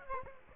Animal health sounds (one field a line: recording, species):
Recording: mosquito wingbeat signal from an infrared sensor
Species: Aedes aegypti